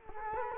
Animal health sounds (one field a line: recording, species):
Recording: mosquito wingbeat signal from an infrared sensor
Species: Culex quinquefasciatus